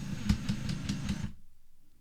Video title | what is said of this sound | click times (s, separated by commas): What Do The Numbers On A Ryobi Drill Mean | Can you hear that clicking? | 0.3 s, 0.7 s, 0.9 s